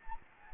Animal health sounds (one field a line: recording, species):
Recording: mosquito wingbeat signal from an infrared sensor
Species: Anopheles gambiae